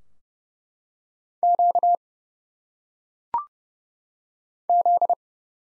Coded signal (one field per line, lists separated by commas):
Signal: Morse code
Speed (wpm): 30 wpm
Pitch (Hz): 700 Hz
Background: none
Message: Q Z